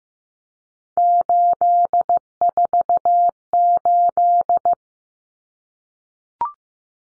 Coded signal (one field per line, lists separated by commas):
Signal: Morse code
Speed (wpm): 15 wpm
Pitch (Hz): 700 Hz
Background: none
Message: 848